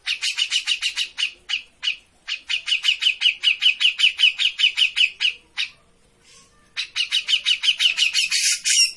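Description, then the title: Grey-cheeked bulbul giving fast, harsh chattering notes in long bursts, with a pause of about a second near six seconds and a harsher burst at the very end. Grey-cheeked bulbul in active, vigorous song (gacor); master recording for training birds. "Cucak Jenggot Gacor. Masteran burung cucak jenggot ! Suaka burung"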